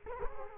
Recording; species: mosquito wingbeat signal from an infrared sensor; Culex quinquefasciatus